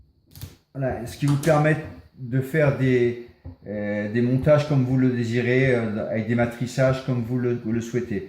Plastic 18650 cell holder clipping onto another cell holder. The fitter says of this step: elle se clipse dedans et les avantages de ces petits éléments c'est qu'il se clipse les uns aux autres